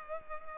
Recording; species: mosquito wingbeat signal from an infrared sensor; Culex pipiens